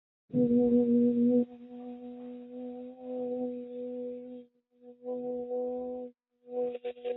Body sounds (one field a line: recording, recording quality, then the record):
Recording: sustained vowel as in boot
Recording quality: excellent, no background noise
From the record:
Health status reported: healthy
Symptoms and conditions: none ticked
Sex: female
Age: 32 years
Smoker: not ticked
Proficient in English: yes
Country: India